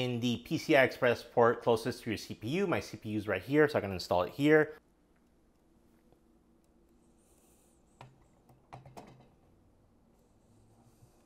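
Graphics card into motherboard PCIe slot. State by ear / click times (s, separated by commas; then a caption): not seated / none. An RTX 4090 Founders Edition graphics card is handled over the PCI Express x16 slot nearest the CPU. Someone talks for the first five seconds, then it goes quiet with faint handling noise and two short, sharp knocks around 8.0 and 8.7 seconds. The card has not seated or clicked into the slot yet.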